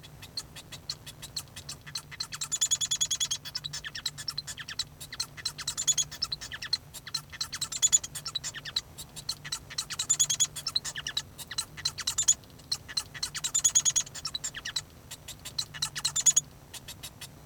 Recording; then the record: song of a male Bengalese finch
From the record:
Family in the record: son of father 1